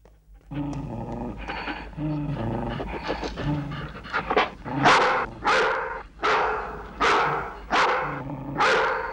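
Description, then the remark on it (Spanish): Dogs make low, throaty, growling barks, then break into a steady run of loud, breathy bursts of panting and barking, about six in a row with an even rhythm. “Los perros no muerden si no se lo ordenamos mi hija o yo.”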